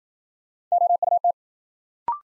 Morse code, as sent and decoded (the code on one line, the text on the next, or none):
--- ..- -
OUT